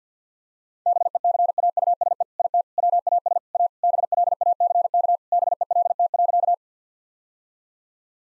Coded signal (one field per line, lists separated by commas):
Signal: Morse code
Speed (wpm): 50 wpm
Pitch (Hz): 700 Hz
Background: none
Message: BECAUSE IT WAS A BLACK BELT.